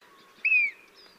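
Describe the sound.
Bearded vulture giving a single thin, high whistle that slides gently downward, lasting under half a second, over faint background hiss.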